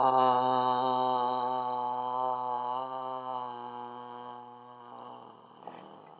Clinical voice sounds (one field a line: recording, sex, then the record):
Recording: sustained vowel /a/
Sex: male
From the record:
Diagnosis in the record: healthy control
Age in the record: 77 years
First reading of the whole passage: 68 s, 7.6 characters per second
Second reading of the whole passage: 60 s, 8.3 characters per second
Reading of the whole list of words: 67 s, 4.2 characters per second